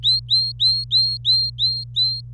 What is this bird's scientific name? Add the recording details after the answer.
Serinus canaria. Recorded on 25 April 2018 at 17:48. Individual llb3